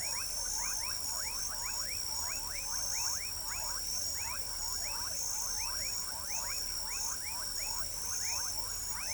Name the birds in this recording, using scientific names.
none